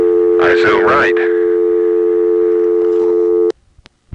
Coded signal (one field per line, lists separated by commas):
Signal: telephone call progress tone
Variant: North America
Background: speech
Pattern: dial tone